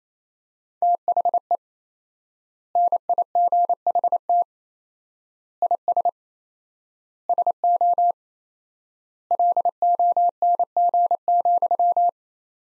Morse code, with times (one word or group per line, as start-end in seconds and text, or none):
0.8-1.6 THE
2.8-4.4 NIGHT
5.6-6.1 IS
7.3-8.1 SO
9.3-12.1 LONG,